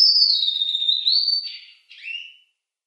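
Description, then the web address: Red avadavat song fragment: a high whistled note slurring downward then level, followed by a brief buzzy twitter and a short lower whistle. "Schulze Peter Red Avadavat"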